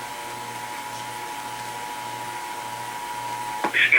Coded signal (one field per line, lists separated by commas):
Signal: Emergency Alert System (SAME) tones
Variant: 853 and 960 Hz attention tone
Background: speech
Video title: IMMEDIATE FLOODS... EAS Alerts from 9/5/22 (EAS #7,757 - 7,764)